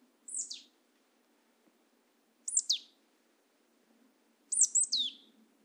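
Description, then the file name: Marsh tit calls: sharp, high notes sweeping steeply downward, in short bursts about every two seconds, the last burst the longest, over faint low background hum. "Poecile palustris"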